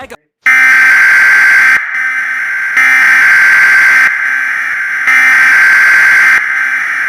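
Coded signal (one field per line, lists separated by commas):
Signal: Emergency Alert System (SAME) tones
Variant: header bursts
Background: speech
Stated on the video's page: Fictional analog horror EAS mock.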